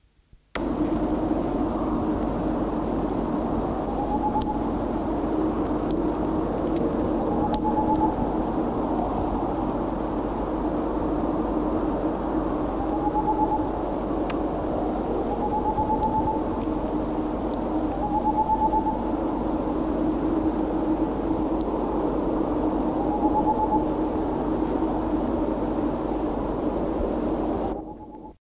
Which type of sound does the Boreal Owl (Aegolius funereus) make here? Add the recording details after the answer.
call. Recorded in the wild. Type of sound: call. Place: Forst "Rundshorn" bei Fuhrberg (Burgwedel), Niedersachsen, DE. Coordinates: 52.5661, 9.8065. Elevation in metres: 50. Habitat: pineforest with oaks and beechs. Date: 1986-03-18. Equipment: Halbspur, 9,5 cm/s. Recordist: Lütgens, Hans. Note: Aufgenommen mit "Herrn Obhuss"